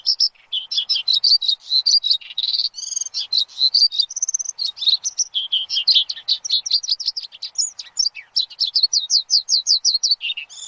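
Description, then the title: Javan bush lark song, a long lively run of high chirps, trills and whistles, with a quick series of rising notes near the end. Lure for a Javan bush lark in full, lively song. "PANCINGAN Suara BURUNG Branjangan Gacor"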